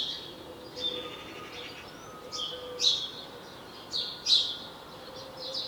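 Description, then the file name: House sparrow calls, scattered chirps, some faint, against a quiet humming background. "Passer domesticus"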